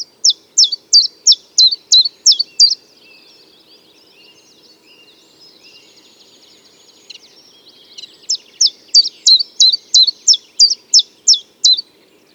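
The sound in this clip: Common chiffchaff song: rhythmic high chip notes, roughly three per second, a pause, then another run of the same notes.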